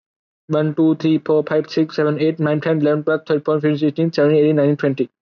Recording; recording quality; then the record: counting at a fast pace; excellent, no background noise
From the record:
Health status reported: COVID-19 positive, mild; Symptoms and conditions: none ticked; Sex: male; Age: 23 years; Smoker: not ticked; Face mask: not worn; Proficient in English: yes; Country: India